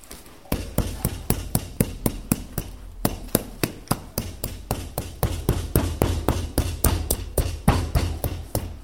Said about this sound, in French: Donc j'utilise le marteau pour arrondir tous les cahiers au niveau du dos, ce qui va nous donner un dos du livre arrondi.